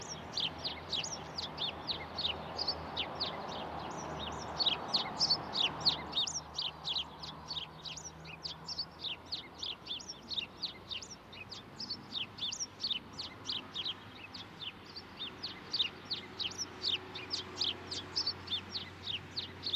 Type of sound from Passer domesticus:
song